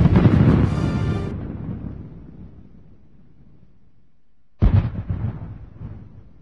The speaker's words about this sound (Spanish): El aeropuerto estaba preparado para una acción de liberación. Los periodistas presentes escuchan detonaciones a la llegada de los helicópteros. Después, 2 explosiones más.